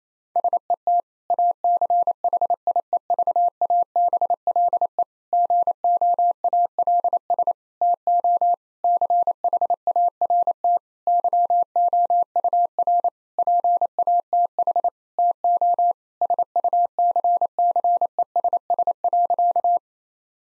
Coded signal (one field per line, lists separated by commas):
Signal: Morse code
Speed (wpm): 28 wpm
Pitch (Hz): 700 Hz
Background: none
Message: SET ACHIEVABLE GOALS TO CHART YOUR PATH TO SUCCESS.